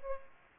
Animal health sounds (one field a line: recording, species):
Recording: mosquito wingbeat signal from an infrared sensor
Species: Aedes aegypti